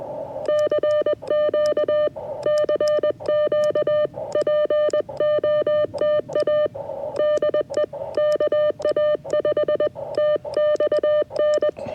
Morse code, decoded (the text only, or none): CQ CQ POTA DE KA5TXN